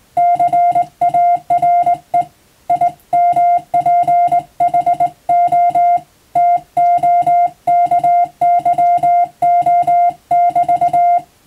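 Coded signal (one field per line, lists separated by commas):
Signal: Morse code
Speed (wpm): 19 wpm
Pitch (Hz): 700 Hz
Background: music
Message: CARE IMPHO TOKYO <BT>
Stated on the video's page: Morse code reception practice for the radiotelegraph operator national exam, using telegram practice texts.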